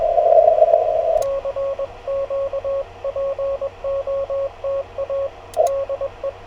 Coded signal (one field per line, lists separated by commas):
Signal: Morse code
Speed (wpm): 21 wpm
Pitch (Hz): 1100 Hz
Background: radio noise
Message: CQ POTA DE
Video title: POTA with a Straight Key! | #cw #parksontheair #hamradio #morsecode